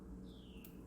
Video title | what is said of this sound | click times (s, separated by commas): Traxxas XRT/XMAXX Bearing Fix??? Let's Try It! | You'll hear it snap in. | 0.6 s